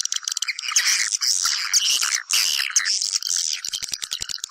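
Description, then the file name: Swiftlet calls as rapid, high chattering chirps in overlapping bursts, thinning into sharp clicks near the end. Lure sound used to attract swiftlets for nest farming. "Am thanh du yen"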